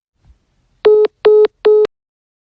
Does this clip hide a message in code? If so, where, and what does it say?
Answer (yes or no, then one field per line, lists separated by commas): no